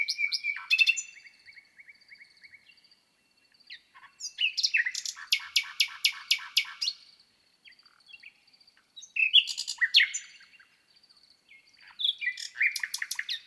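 A nightingale sings in four bursts, each a rapid string of sharp, bright, rattling notes with whistled phrases, separated by short pauses. The phrases vary from one to the next, and the background below the song is silent.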